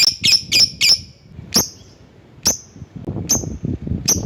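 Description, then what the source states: Lovebird calls: a quick burst of four shrill squawks, then single sharp high chips spaced almost a second apart over low background noise. Calling a rival.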